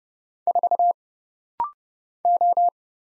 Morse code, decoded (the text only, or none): 4 O